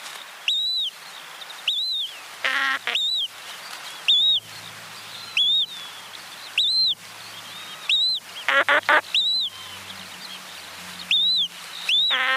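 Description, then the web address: Ruff calls: a steady series of arched whistles about once a second, broken by a few buzzy, rattling bursts. Female calls. "Schulze Peter Ruff female calls"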